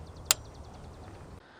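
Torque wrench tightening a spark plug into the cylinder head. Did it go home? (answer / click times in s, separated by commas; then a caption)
yes / 0.3 s. A click-type torque wrench with a spark plug socket tightens a spark plug into the cylinder head of an MK6 Volkswagen GTI/GLI. A single sharp, bright click rings out at 0.3 s over a quiet, steady background hiss that drops away at about 1.4 s. The wrench clicks at its set torque, so the plug is tightened to spec.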